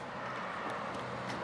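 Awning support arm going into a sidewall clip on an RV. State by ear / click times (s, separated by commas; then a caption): not seated / none. An awning support arm on an R-Pod RV camper is brought down to the sidewall and lined up with the sidewall clip, against a steady, even outdoor background with no distinct impacts. The clip has not been pushed down and nothing has clicked or locked yet.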